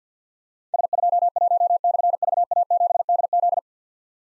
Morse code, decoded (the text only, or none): S21/VA7DZ